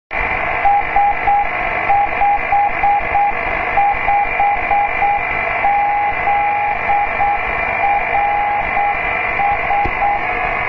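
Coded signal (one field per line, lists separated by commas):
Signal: Morse code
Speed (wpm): 8 wpm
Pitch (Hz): 810 Hz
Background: radio noise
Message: S55ZRS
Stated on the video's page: Six-meter beacon transmitting from JN76MC, received in IN51NW on an Icom 756 with a 5-element delta loop antenna.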